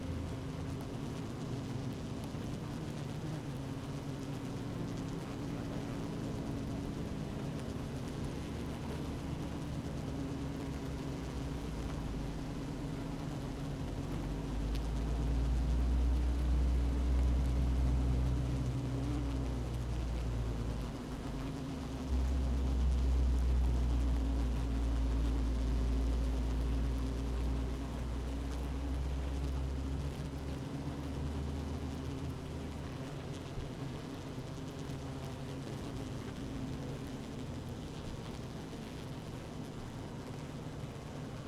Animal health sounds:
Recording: honeybee colony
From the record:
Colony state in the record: active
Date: 12 June 2018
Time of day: 15:20

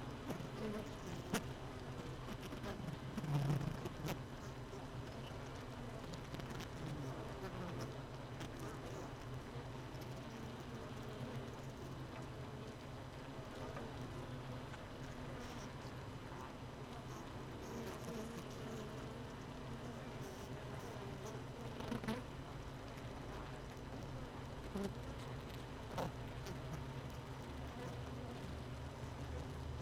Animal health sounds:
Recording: honeybee colony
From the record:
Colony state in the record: missing queen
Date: 31 May 2018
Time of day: 17:15

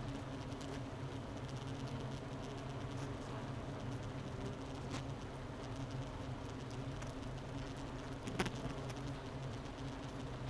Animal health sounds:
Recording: honeybee colony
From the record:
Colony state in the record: missing queen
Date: 31 May 2018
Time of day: 11:53

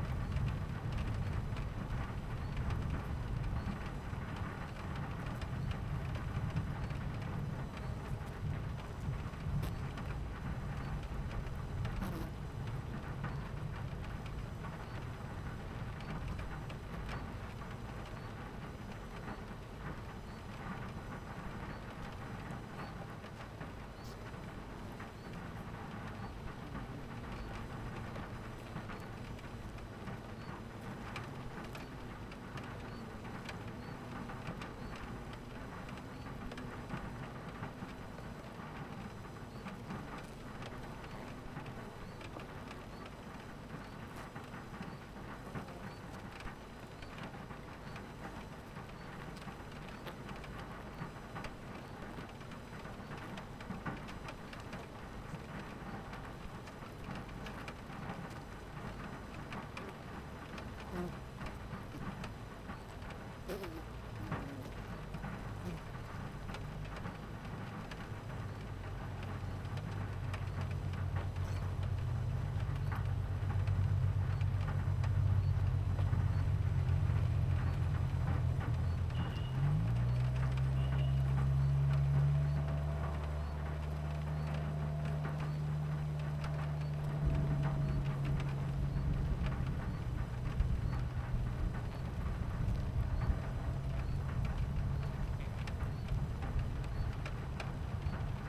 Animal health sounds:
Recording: honeybee colony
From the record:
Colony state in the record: missing queen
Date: 14 July 2017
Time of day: 11:47

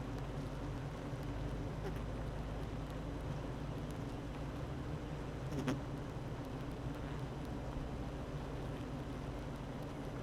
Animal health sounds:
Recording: honeybee colony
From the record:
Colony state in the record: active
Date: 12 June 2018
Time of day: 8:59

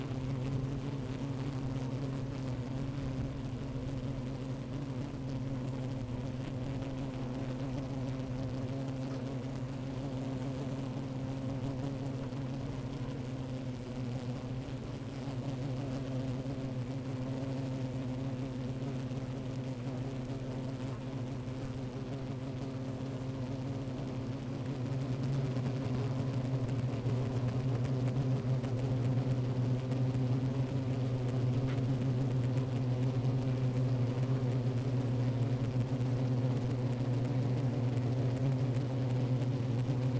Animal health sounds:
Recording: honeybee colony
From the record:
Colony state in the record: active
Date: 28 July 2017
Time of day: 11:20

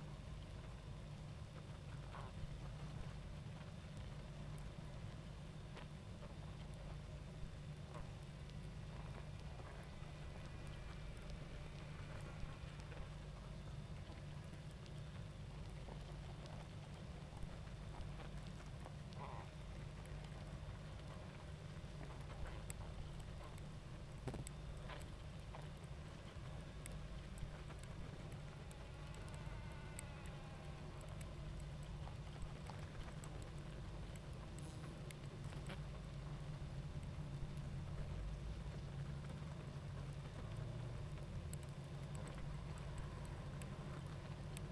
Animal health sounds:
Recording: honeybee colony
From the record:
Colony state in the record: active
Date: 28 July 2017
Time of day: 20:51

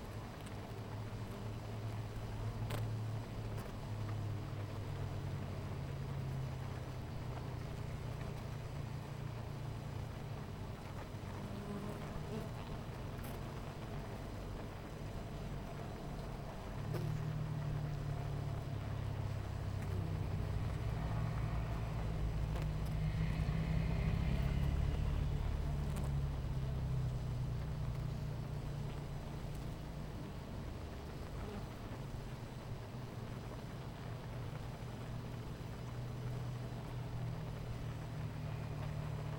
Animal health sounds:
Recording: honeybee colony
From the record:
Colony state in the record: missing queen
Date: 14 July 2017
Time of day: 10:27

